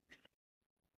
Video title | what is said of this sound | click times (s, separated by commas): New XT60 lock to prevent unplugs during crashes! | the sleeve over it and it should snap into place. | 0.1 s, 0.2 s